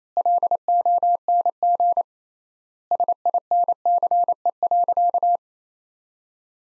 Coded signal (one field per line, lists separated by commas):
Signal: Morse code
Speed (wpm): 27 wpm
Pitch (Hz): 700 Hz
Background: none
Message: LONG SINCE.